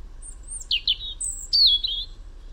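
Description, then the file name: European robin song: a short run of very high, thin notes that drop into sliding whistles and a brief warble, then a brighter, longer whistled phrase. Faint low background hum. "Erithacus rubecula"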